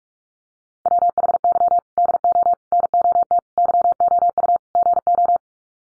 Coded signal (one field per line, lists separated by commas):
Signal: Morse code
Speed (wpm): 44 wpm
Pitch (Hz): 700 Hz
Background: none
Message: WHY DO NOT YOU GO